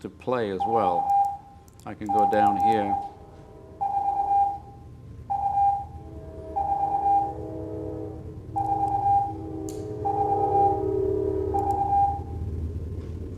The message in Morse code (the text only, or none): 4 OE 4 U 4 4 4 V